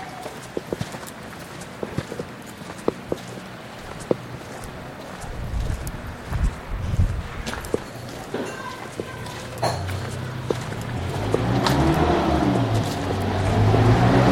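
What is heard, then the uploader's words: Footsteps crunch along a shingle beach, each step a sharp crackle of shifting pebbles at an uneven walking pace. A low rumble of wind and surf sits underneath, growing louder and fuller in the last few seconds. Walk along the shingle beach in Borth.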